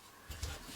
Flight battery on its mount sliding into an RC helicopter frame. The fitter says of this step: it just conveniently then slides up until you hear a click,